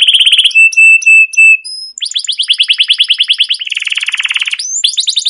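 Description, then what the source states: Canary song opening with a quick trill, then pure whistled notes, followed by rapid repeated chirps and a dense buzzy roll. Canary song used as a lure to train other canaries to sing.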